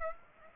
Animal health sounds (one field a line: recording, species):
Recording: mosquito wingbeat signal from an infrared sensor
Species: Aedes aegypti